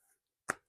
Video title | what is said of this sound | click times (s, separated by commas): ThermoLife Heated Red Light Massaging Knee Brace Review! | So, it's pretty easy. You'll feel it snap into place. And there it is. | 0.5 s